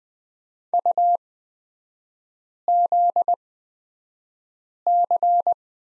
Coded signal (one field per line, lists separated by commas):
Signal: Morse code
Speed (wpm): 20 wpm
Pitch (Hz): 700 Hz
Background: none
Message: UZC